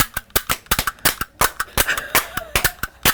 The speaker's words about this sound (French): Ouais, c'est ça, on est à 9. Hein. Ouais. 9 coups de feu. C'est ça, c'est pas des coups de cravache, c'est des coups de feu. C'est ce que j'ai entendu, c'est ce que j'ai entendu. C'était ça, comme ça. Ah ouais? 9 fois. D'affilée. 9 coups de feu, 9.